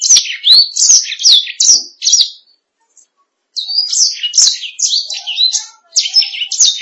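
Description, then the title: Canary singing loud, high sweeping chirps, falling silent briefly around the middle, then resuming with a rapid warbling phrase. "BM Suara Kenari"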